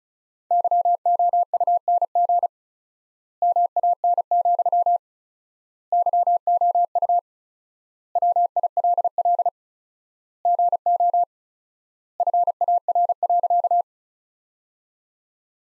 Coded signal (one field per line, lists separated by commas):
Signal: Morse code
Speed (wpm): 36 wpm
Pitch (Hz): 700 Hz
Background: none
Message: YOUNG MAN, YOU WILL GO FAR.